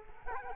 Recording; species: mosquito wingbeat signal from an infrared sensor; Culex quinquefasciatus